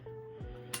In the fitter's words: It's a little bit stiffer from the Cerakote, but still perfectly works. Locks in place.